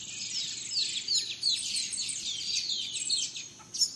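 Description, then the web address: Birds in a dawn chorus, many quick high chirps and short sweeping whistles overlapping throughout, over a steady thin high-pitched hiss. Dawn chorus of birds in rainforest at Gran Sabana, Venezuela. "Birds in the Rainforest Dawn Venezuela Gran Sabana"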